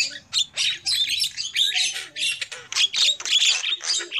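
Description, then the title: Lovebird harsh, high screeching squawks in quick bursts, with a soft low hum underneath. Lure call (pikat) used for trapping lovebirds. "PIKAT BURUNG LOVEBIRD"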